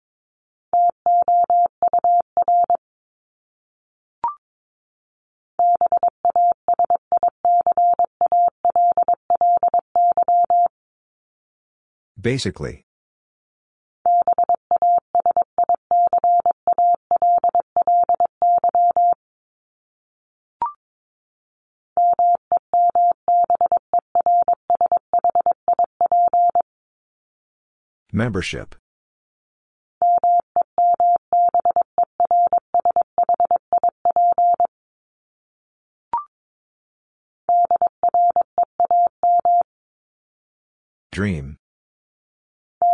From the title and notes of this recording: Top 1251-1500 Words 22wpm. First, the word is sent in Morse code. Then it is spoken. Finally, it is sent again in More code.